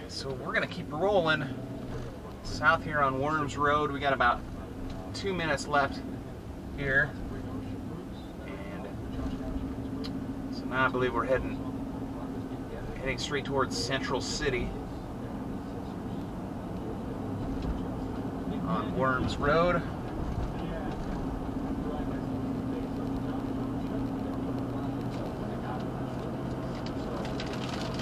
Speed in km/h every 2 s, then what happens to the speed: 13, 21, 26, 29, 32, 39, 44, 48, 52, 55, 58, 60, 66, 72.
0-28 speeds up to 72.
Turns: none.